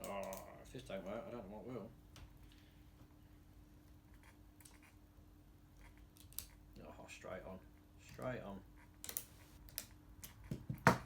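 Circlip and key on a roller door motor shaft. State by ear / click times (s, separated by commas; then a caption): seated / 10.9 s. A key and circlip are fitted onto the drive end of a new roller garage door motor's shaft so the motor locks into the hexagonal tube. Someone talks, and scattered small metallic clicks and taps follow. A sharp metallic snap at 10.9 s marks the circlip snapping into place and the fitting locking home.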